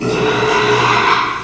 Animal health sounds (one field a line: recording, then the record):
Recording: squeal of a Yucatan mini pig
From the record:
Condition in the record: after surgery on the right vocal fold (resection and tissue-engineered implant)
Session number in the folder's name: 1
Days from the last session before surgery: 6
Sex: male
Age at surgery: 12 weeks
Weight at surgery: 13 kg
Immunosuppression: cyclosporine, prednisolone